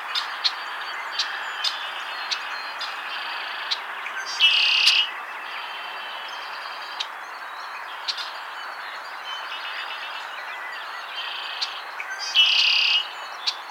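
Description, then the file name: Red-winged Blackbird giving two harsh buzzy trills about eight seconds apart, between them many short sharp chek calls and soft chirps. "Agelaius phoeniceus - Red-winged Blackbird"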